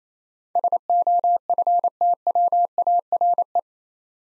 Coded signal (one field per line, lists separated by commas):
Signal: Morse code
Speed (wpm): 27 wpm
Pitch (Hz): 700 Hz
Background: none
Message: SOFTWARE